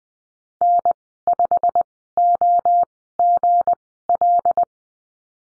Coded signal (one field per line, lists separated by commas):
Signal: Morse code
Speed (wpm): 20 wpm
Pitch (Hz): 700 Hz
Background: none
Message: N5OGL